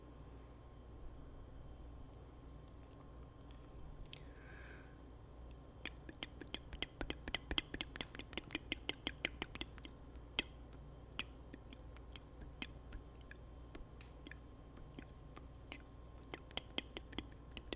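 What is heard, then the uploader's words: Wet mouth sounds and sharp clicks come in a dense cluster from about six to ten seconds, then scatter sparsely over a low hum. ASMR FACE TOUCHING & UNUSUAL MOUTH SOUND 顔を触らるよ・奇妙な声 tututi katakata jobujobu.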